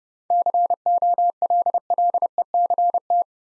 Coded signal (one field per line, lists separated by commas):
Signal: Morse code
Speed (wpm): 31 wpm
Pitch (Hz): 700 Hz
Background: none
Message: COLLECT